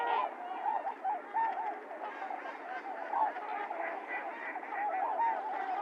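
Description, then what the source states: Trumpeter swans calling in a group, nasal trumpeting notes overlapping densely. Several swans recorded 28 January 2022; low-cut filtered.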